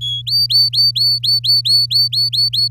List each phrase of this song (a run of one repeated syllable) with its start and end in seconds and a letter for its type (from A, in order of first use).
0.01-0.22 A, 0.27-2.68 B